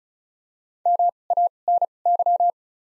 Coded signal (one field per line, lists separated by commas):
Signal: Morse code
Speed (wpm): 34 wpm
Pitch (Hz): 700 Hz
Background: none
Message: M A N Y